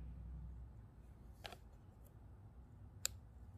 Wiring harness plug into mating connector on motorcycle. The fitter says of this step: you go so i just hear the click and i think it's in so